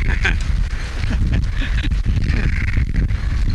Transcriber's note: chuckles